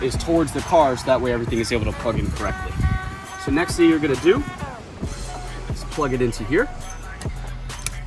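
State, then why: Seated. Someone talks over background music while a side marker light's wiring plug is pushed into its socket on the car. A faint tap comes at 7.2 s, then a sharp, loud click at 7.9 s as the plug seats.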